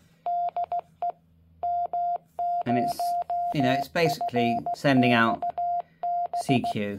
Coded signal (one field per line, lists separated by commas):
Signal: Morse code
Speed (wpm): 16 wpm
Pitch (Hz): 700 Hz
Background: speech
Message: DE M0FXB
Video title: IJV - INSTALL FIRMWARE UV-K5 , & CW CONFIGERATION ,Test